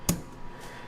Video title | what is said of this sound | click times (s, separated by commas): RSX Type-S Interior Update & First OEM+ Mods - Acura Build! | two clicks one click just kind of depends on where your shift knob sits | 0.1 s